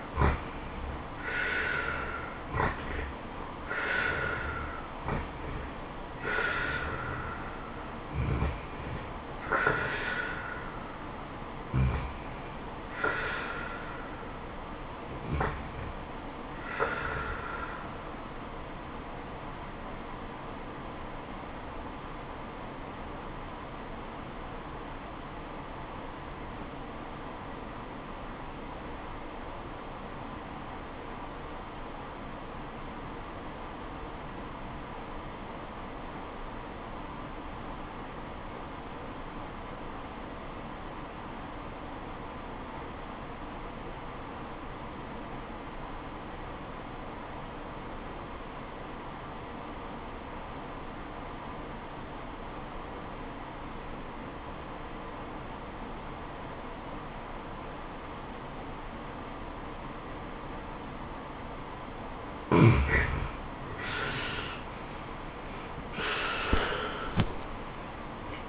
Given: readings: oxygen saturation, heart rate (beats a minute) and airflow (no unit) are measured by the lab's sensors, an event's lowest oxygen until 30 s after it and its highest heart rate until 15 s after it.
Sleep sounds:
breathing in sleep by a voice recorder at the bedside; 1
22.00-63.80 s: obstructive apnea (REM, oxygen 96% highest, then 69% lowest, heart rate 87 at the start, 97 highest)
62.00-68.49 s: new sleep stage, N1 (lightest sleep)
From the record:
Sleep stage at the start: REM sleep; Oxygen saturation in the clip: 70 to 96%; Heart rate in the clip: 63 to 92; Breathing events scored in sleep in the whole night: 426 in 7.4 hours asleep

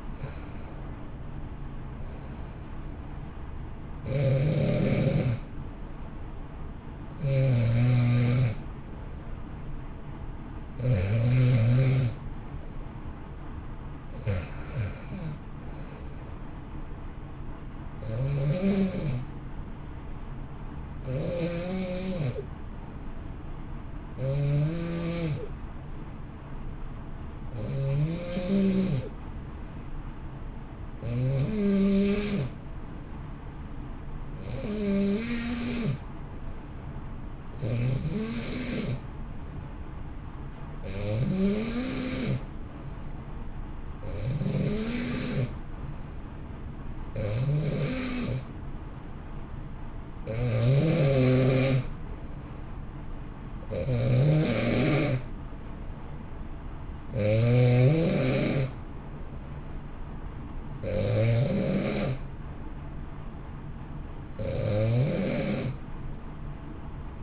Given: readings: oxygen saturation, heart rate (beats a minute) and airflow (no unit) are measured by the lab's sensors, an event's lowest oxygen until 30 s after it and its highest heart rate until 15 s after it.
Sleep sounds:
breathing in sleep by a smartphone at the bedside; 1
2.00-67.23 s: new sleep stage, N2 (light sleep)
24.00-43.30 s: hypopnea (N2, oxygen 92% highest, then 88% lowest, heart rate 59 at the start, 65 highest)
From the record:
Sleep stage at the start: N3 (deep sleep); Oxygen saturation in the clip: 88 to 92%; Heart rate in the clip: 55 to 65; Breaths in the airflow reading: 19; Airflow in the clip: -1.1 to 1.8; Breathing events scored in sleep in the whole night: 328 in 6.3 hours asleep

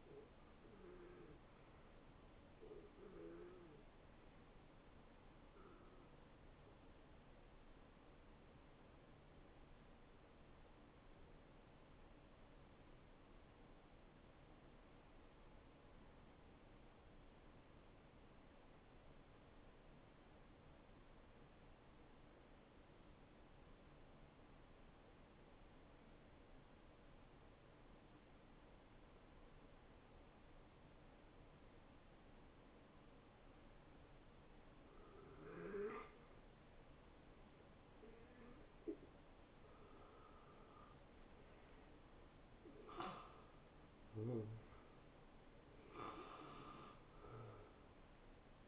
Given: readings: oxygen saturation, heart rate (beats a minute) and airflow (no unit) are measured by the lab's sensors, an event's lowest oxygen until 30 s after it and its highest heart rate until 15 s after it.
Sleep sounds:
breathing in sleep by a voice recorder at the bedside; 1
7.00-39.90 s: hypopnea (N1, oxygen 93% highest, then 83% lowest, heart rate 75 at the start, 76 highest)
21.00-48.68 s: new sleep stage, N2 (light sleep)
From the record:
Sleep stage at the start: N1 (lightest sleep); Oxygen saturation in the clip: 81 to 93%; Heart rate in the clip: 66 to 78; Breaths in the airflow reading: 6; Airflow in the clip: -17.4 to 8.8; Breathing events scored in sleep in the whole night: 263 in 5.5 hours asleep

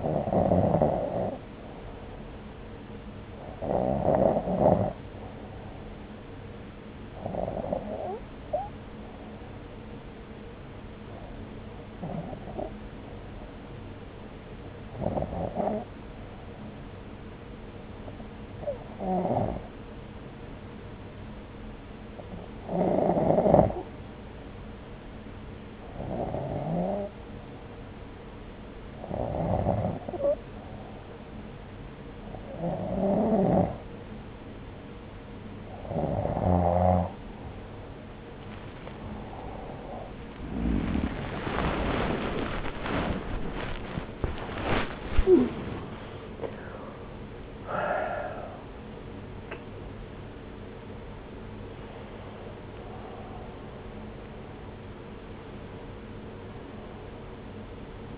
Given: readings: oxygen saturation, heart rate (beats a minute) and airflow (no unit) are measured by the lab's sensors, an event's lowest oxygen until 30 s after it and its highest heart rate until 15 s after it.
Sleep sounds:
breathing in sleep by a voice recorder at the bedside; 1
6.00-43.10 s: hypopnea (REM, oxygen 96% highest, then 94% lowest)
33.00-58.17 s: new sleep stage, awake
38.00-58.17 s: awake
From the record:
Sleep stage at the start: REM sleep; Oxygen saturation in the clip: 92 to 96%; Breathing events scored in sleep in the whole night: 303 in 8.1 hours asleep

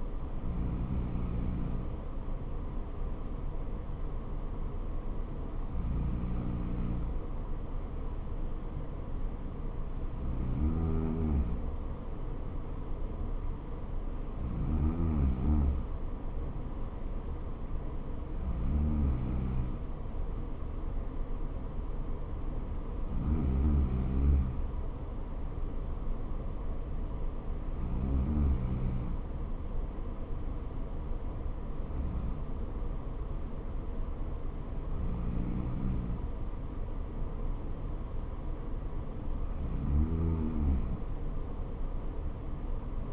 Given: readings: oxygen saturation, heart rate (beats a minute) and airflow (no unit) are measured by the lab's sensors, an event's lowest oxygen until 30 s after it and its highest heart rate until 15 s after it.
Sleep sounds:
breathing in sleep by a smartphone at the bedside; none
16.00-43.13 s: new sleep stage, N3 (deep sleep)
From the record:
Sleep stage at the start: N2 (light sleep); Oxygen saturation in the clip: 94 to 95%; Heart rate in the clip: 60 to 65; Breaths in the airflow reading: 10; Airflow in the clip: -4.0 to 3.1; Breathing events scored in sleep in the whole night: 79 in 6.3 hours asleep

